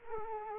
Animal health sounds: mosquito wingbeat signal from an infrared sensor; Culex quinquefasciatus

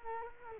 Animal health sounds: mosquito wingbeat signal from an infrared sensor; Culex quinquefasciatus

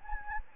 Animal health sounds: mosquito wingbeat signal from an infrared sensor; Anopheles gambiae

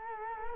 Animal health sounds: mosquito wingbeat signal from an infrared sensor; Culex quinquefasciatus

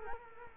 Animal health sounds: mosquito wingbeat signal from an infrared sensor; Culex quinquefasciatus

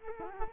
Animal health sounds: mosquito wingbeat signal from an infrared sensor; Culex quinquefasciatus

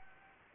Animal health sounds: mosquito wingbeat signal from an infrared sensor; Anopheles gambiae

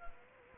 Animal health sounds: mosquito wingbeat signal from an infrared sensor; Culex quinquefasciatus

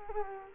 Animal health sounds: mosquito wingbeat signal from an infrared sensor; Culex quinquefasciatus

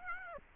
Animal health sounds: mosquito wingbeat signal from an infrared sensor; Aedes aegypti

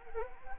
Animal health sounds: mosquito wingbeat signal from an infrared sensor; Anopheles arabiensis

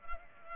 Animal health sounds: mosquito wingbeat signal from an infrared sensor; Culex pipiens

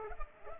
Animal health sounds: mosquito wingbeat signal from an infrared sensor; Culex pipiens

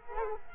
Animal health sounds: mosquito wingbeat signal from an infrared sensor; Culex quinquefasciatus

